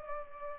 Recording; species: mosquito wingbeat signal from an infrared sensor; Culex pipiens